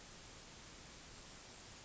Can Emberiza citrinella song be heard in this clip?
no